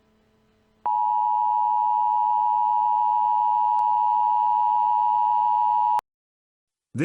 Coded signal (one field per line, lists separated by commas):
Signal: Emergency Alert System (SAME) tones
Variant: 853 and 960 Hz attention tone